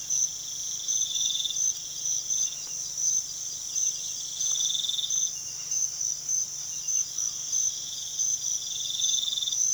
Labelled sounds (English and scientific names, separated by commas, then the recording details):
none
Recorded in pastures near Puerto Asís, Putumayo, Colombia, on 21 March 2025 at 05:30
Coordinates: 0.487, -76.322
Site G077